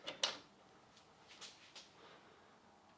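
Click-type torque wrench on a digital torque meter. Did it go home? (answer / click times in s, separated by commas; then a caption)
yes / 0.2 s. A click-type torque wrench set to 5 Nm, held at the middle of the handle, is turned against a digital torque meter until it gives a sharp click at 0.2 s, followed by a few fainter ticks near 1.4 and 1.8 s. The meter read a peak of 4.95 Nm at the click.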